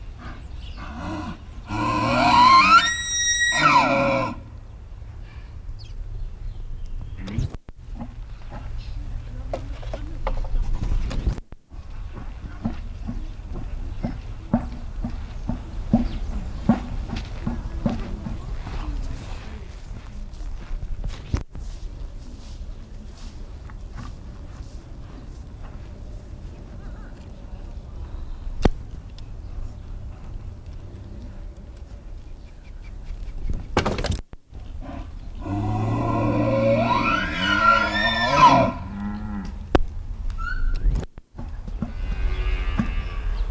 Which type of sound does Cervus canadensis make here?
call